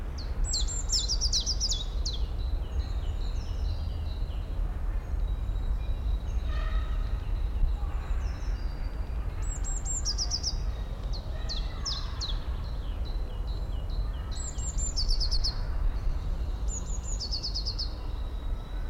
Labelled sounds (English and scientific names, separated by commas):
Common Chiffchaff (Phylloscopus collybita)